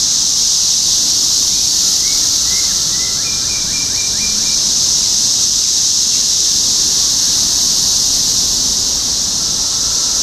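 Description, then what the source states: Cicadas droning together in a constant, shrill, high-pitched buzz, while a faint series of short chirps passes early on. Cicadas in Topeka, Kansas, USA, on 14 June 2015.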